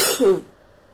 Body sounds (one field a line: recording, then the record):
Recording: coughing mixed with background sound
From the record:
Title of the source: 30 Chesty and wet cough